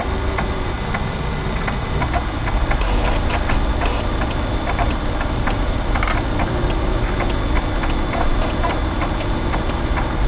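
Vintage computer equipment runs with a steady low hum underneath, while quick dry ticks and clicks come in irregular bursts throughout.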